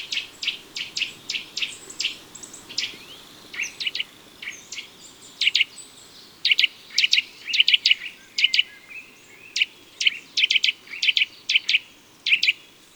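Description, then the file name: Eurasian nuthatch calls, short sharp notes in rapid bursts and clusters, some separated by brief pauses. "Sitelle torchepot"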